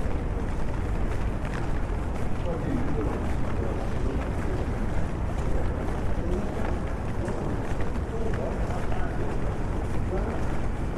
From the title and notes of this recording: LONDON CITY WALK UNDER THE RAIN ASMR AMBIENT NOISES. The podcast features a walk in London, under the rain.